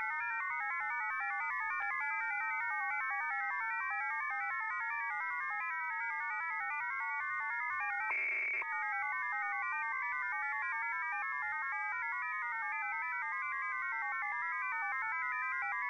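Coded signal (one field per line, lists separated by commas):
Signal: numbers station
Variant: F07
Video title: 10244kHz USB Russian Number Station F07 (28.03.2024)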